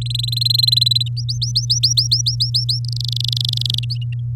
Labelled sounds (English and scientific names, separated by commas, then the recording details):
Domestic Canary (Serinus canaria) song
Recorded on 8 May 2018 at 06:40
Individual llb16